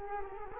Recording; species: mosquito wingbeat signal from an infrared sensor; Culex quinquefasciatus